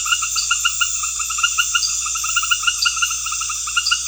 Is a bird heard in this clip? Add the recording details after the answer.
no. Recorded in pastures near Puerto Asís, Putumayo, Colombia, on 8 March 2025 at 19:30. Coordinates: 0.502, -76.324. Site GP07